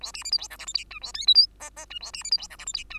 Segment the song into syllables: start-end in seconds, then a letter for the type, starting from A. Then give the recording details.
0.01-0.12 A, 0.14-0.23 B, 0.24-0.31 C, 0.31-0.38 D, 0.38-0.48 E, 0.50-0.57 F, 0.59-0.66 G, 0.66-0.73 H, 0.74-0.84 I, 0.90-0.99 J, 1.01-1.12 A, 1.14-1.26 K, 1.27-1.34 L, 1.34-1.46 M, 1.60-1.70 N, 1.76-1.85 N, 1.90-1.99 J, 2.00-2.12 A, 2.13-2.23 B, 2.24-2.31 C, 2.31-2.38 D, 2.38-2.48 E, 2.50-2.57 F, 2.58-2.65 G, 2.67-2.73 H, 2.74-2.84 I, 2.90-2.99 J. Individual Bird2